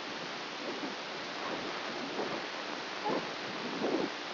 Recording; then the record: brain microelectrode recording played as sound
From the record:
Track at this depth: inside the subthalamic nucleus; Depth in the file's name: 1.805 mm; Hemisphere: right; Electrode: 2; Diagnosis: Parkinson's disease